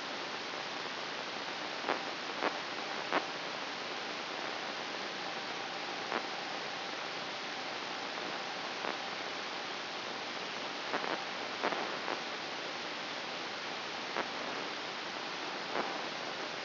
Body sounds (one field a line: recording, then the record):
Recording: brain microelectrode recording played as sound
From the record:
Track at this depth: outside the subthalamic nucleus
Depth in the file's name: 7.528 mm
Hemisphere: right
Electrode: 2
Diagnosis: Parkinson's disease